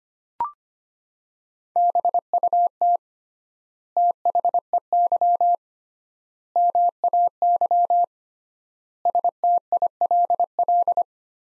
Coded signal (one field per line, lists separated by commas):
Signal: Morse code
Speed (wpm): 25 wpm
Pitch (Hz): 700 Hz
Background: none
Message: BUT THEY MAY STILL